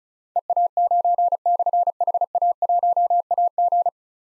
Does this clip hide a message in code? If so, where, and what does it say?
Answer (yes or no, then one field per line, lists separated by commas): yes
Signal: Morse code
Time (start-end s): 0.4-3.9 s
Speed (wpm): 36 wpm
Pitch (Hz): 700 Hz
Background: none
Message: EA9/HA1AG